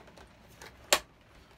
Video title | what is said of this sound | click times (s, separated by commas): How to: Make an Easy Base & Wings for the Kreg K5 Master Pocket Hole System | is just going to flip open and everything's going to fall out so you gotta listen for that positive click | 0.9 s